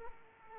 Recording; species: mosquito wingbeat signal from an infrared sensor; Aedes aegypti